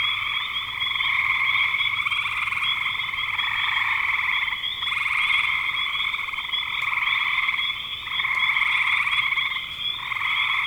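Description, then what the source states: Continuous frog chorus of buzzy pulsed trills overlapping in waves for the whole stretch, backed by a steady high-pitched ticking tone. Frogs calling in spring 2025.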